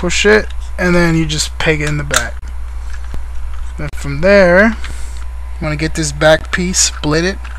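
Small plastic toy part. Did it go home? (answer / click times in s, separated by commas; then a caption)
no / none. Someone talks while handling the split plastic back panel half of an Animated Voyager Class Bulkhead transforming robot toy, working it toward the toy body, with a brief sharp tap at 3.1 s. Nothing has seated or snapped into place yet.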